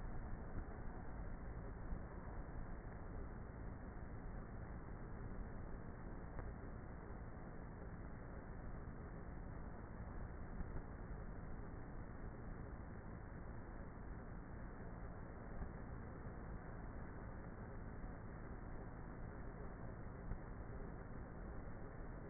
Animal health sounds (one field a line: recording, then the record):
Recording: honeybee colony, microphone inside the hive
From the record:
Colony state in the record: queenless with a low population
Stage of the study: before two queens were removed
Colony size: about 30,000 bees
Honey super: no